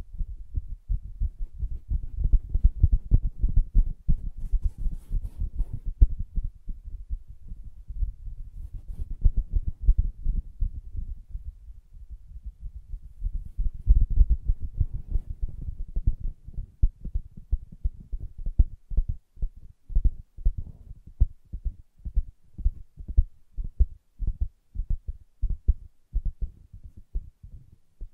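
Soft, muffled tapping and scratching on fabric, dense dull thuds at first, thinning after fifteen seconds into regular, separate low taps.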